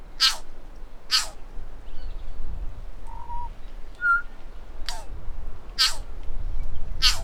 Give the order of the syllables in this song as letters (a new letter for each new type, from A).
A A B C D A A